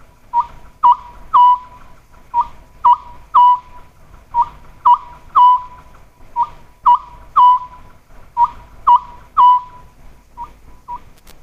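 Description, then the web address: Oriental scops owl giving steady repeated phrases of three whistled hoots near one pitch, the last note held longest, roughly one phrase every two seconds. "sikioto. konohazuku"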